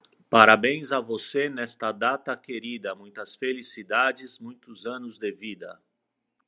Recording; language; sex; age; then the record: short text; Brazilian Portuguese; male; 40 to 49 years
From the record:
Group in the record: control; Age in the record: 48 years